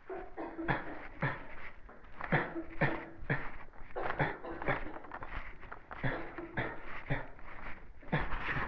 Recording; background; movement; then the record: voluntary coughing; a bystander coughing; walking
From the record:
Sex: male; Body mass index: 23.7 kg/m2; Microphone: on the chest, facing the body